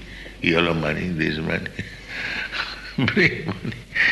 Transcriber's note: laughs